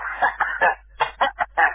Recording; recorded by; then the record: voluntary cough; telephone call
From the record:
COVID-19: negative